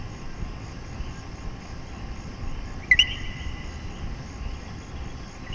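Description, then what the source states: Common coquí giving one clear co-qui, a low note then a rising whistle, partway through, with another call starting at the end over continuous soft hiss. Puerto Rico.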